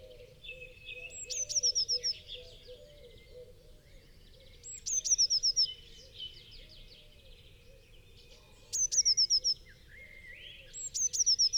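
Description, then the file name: Eurasian blue tit singing: thin high notes run into a fast, descending, tinkling trill, the phrase repeated every few seconds over a low steady hum. "Cyanistes caeruleus"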